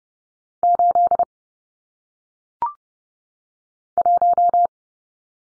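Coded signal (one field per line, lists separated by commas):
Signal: Morse code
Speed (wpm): 30 wpm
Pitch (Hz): 700 Hz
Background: none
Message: 8 1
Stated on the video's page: Morse practice of single-digit numbers at 30 wpm, each sent, spoken, then sent again.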